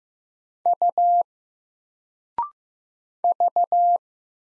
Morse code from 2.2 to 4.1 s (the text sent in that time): V